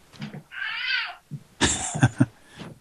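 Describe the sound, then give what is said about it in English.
A cat, heard over a live phone call, gives a drawn-out, high-pitched meow that bends downward at the end, followed by a few harsher, louder yowling bursts, with no talking underneath. “I hear a cat. I hear a cat there.”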